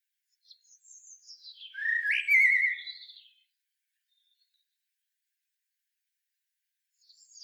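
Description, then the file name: Common blackbird giving one phrase: soft introductory notes, then a loud fluty warble ending in thin high twitters, followed by a long silence and another faint high note. "Turdus merula"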